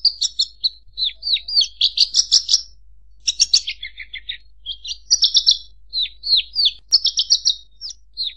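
Songbird pouring out a varied stream of high chirps, slurred whistles and short rattling trills with hardly a break.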